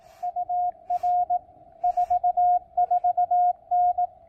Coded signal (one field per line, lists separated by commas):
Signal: Morse code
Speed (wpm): 18 wpm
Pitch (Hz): 700 Hz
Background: none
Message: UR 44N